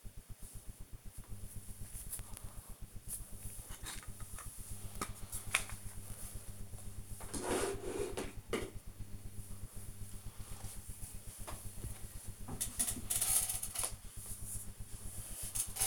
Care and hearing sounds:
household activities, microphone on the right wrist
0.00-15.87 s: tidy up the cupboard

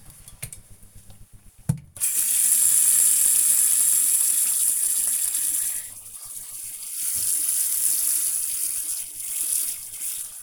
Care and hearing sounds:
household activities, microphone on the right wrist
1.89-10.43 s: washing hands

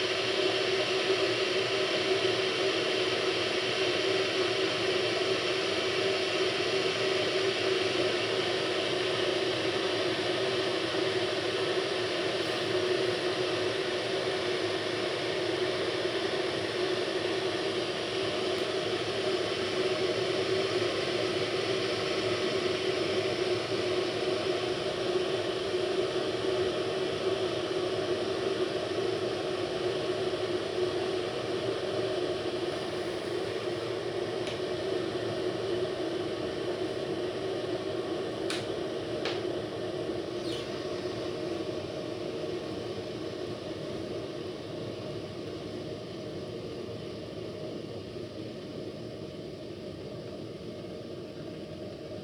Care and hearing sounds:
household activities, microphone on the right wrist
26.45-52.23 s: making tea

